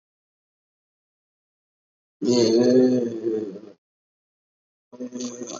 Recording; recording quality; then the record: sustained vowel as in made; excellent, no background noise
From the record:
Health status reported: COVID-19 positive, mild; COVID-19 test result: positive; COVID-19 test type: RT-PCR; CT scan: not taken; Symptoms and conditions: cough, cold, sore throat, muscle pain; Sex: male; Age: 30 years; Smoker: no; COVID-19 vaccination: both doses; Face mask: worn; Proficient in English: yes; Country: India